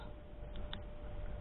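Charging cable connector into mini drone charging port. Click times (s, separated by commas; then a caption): 0.7 s. A charging cable connector is pushed firmly, at a slight angle past a small overhang, into the charging port of a mini drone, since it must go in far enough for the charge light to come on. A faint tick at 0.6 s comes just before a sharp click at 0.7 s over a low steady hum. The connector seats with the click at 0.7 s.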